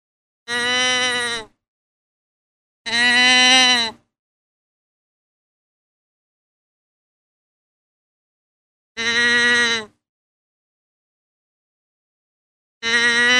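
Deer bleats: drawn-out nasal calls about a second long, four given with gaps of a few seconds.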